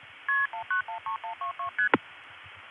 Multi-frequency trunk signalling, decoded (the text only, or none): KP1913122ST